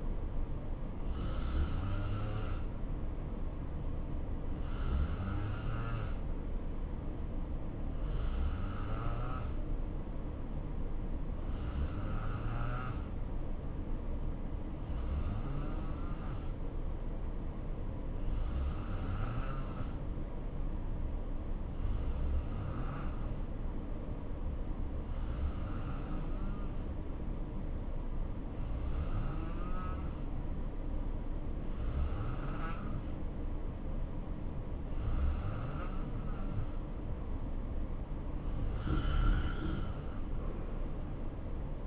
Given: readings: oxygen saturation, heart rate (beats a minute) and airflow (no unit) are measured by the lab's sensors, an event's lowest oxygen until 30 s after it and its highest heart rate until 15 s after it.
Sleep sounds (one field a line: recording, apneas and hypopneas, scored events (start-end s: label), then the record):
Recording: breathing in sleep by a smartphone at the bedside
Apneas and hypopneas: 1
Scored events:
3.00-36.80 s: hypopnea (N2, oxygen 92% highest, then 87% lowest, heart rate 61 at the start, 72 highest)
From the record:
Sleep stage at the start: N2 (light sleep)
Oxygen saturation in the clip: 86 to 92%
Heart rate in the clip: 61 to 72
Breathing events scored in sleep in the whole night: 277 in 7.4 hours asleep